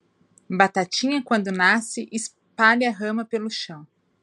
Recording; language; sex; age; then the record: short text; Brazilian Portuguese; female; 40 to 49 years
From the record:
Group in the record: control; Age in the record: 40 years